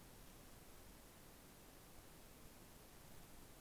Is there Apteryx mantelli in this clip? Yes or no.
no